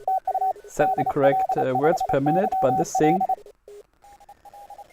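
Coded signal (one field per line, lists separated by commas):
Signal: Morse code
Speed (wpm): 26 wpm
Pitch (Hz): 760 Hz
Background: speech, radio noise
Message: TU DL5YL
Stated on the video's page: Received on a home-built (tr)uSDX transceiver with LT6231 op-amp, speaker output terminated with 30 ohms and fed into a Motu M2 audio interface; live stream.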